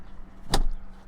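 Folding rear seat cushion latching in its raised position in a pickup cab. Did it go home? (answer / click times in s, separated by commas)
yes / 0.5 s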